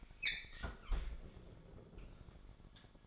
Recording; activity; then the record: daily activity, microphone in the room; close fridge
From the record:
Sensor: 5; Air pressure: 1007.9 hPa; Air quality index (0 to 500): 89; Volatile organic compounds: 1 ppm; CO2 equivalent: 705 ppm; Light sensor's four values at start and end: 46/104/44/46 and 43/100/42/44